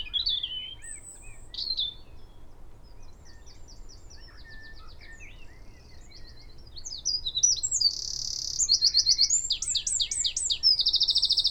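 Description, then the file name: Eurasian wren song growing louder, scattered high chips giving way to dense piercing trills and rattles over a low steady hum. "Troglodytes troglodytes"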